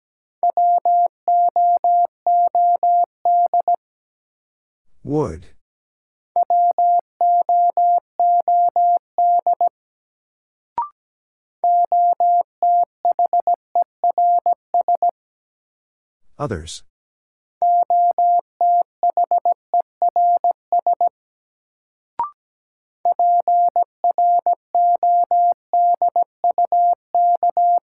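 Morse code beeps in a steady single tone, sent as quick runs of short and long pulses grouped in bursts of a few seconds. A sharp crackling sweep interrupts around 5 and 16 seconds, with faint clicks near 11 and 22 seconds between groups.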